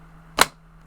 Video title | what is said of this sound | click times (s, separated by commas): Shark® Pro Steam Pocket® mop SE460 | and it snaps into place overall i like that the head's | 0.4 s